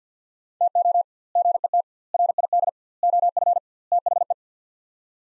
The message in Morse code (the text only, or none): TO GET RID OF THE